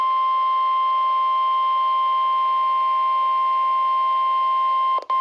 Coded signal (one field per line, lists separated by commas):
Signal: Emergency Alert System (SAME) tones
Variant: 1050 Hz attention tone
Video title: NOAA Weather Radio - Severe Thunderstorm Warning [EAS #127] (4/16/22)